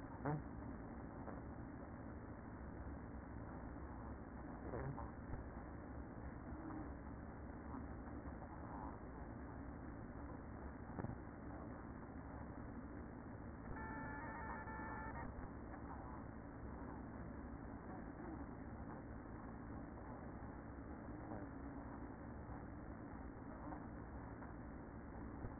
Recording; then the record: honeybee colony, microphone inside the hive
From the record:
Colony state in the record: queen present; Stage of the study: after two queens were removed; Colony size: about 60,000 bees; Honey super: yes